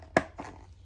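The plastic rear seat cowl for a CFMOTO 450SS is pushed into place on the motorcycle's tail section. Its rear portion snaps in with a sharp click at 0.2 s, followed by a softer, fainter knock around 0.4 s. The rear portion of the cowl is seated.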